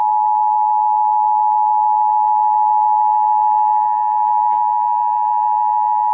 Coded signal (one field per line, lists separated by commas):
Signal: Emergency Alert System (SAME) tones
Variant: 853 and 960 Hz attention tone